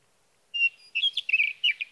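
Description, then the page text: Sage thrasher song starting with a clear sustained whistle, then a quick tumbling series of warbled notes. Male singing at night near his night roost, from evening of June 12 to morning of June 15, 2018, in Sierra Valley, California; recorded with a Swift recorder. "Sage thrasher songs, through the night. For three nights, from the evening of June 12 to the morning of June 15, 2018, in Sierra Valley, California, I placed a Swift recorder near a male's night roost."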